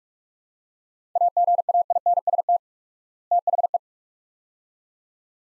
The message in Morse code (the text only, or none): AGAINST THE